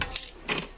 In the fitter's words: Jadi kalau waktu ngunci dia berbunyi klek, di sini ngunci ya teman-teman. Di sini klek gitu.